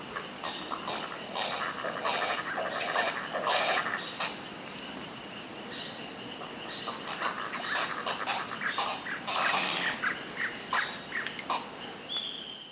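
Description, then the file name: Birds calling in a dense chorus of harsh, harmonic squawks and short chirps, overlapping irregularly throughout, with a steady high hiss in the background. "SABIOD 50 bird 2015"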